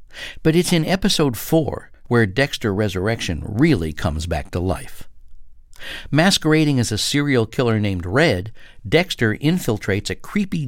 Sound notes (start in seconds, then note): none